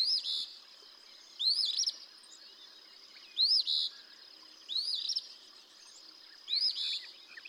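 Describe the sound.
Eastern phoebe singing five raspy two-part phrases, each a quick upslurred note melting into a buzzy tail, with a constant high whine behind.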